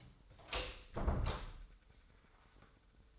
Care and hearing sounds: daily activity, microphone in the room; close door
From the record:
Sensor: 3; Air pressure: 996.1 hPa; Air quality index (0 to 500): 61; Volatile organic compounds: 3 ppm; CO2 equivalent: 1391 ppm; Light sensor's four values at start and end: 14/33/14/14 and 14/33/14/14

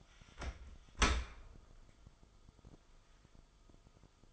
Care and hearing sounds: daily activity, microphone in the room; open dishwasher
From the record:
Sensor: 5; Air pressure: 1004.8 hPa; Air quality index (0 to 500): 94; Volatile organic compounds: 2 ppm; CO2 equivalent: 1146 ppm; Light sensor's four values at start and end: 32/74/30/30 and 33/76/31/30

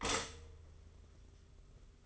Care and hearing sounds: daily activity, microphone in the room; stop toaster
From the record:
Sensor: 4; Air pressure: 991.5 hPa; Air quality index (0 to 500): 137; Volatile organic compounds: 55 ppm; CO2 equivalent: 3360 ppm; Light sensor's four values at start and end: 17/55/21/20 and 18/57/22/21

